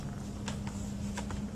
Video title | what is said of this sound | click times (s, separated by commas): Graco Pack 'n Play Reversible Napper and Changer Playard, Basin | insert them down and I'll hear a snap on both sides I can | 0.5 s, 1.2 s